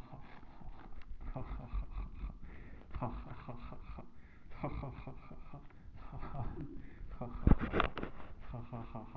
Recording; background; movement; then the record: laughter; quiet; sitting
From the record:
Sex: male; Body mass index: 23.7 kg/m2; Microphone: on the chest, facing the body